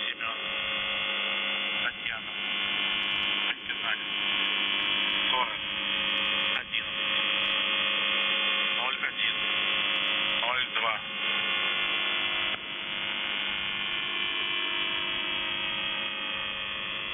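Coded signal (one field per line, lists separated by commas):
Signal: channel marker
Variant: UVB-76 (The Buzzer)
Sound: harsh low droning buzz repeating with short breaks, roughly every two seconds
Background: radio static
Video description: "The Buzzer" is a Russian military radiostation that broadcasts on 4625 kHz.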